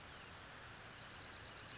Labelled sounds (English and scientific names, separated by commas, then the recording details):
California Towhee (Melozone crissalis)
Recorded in Sonoma County, California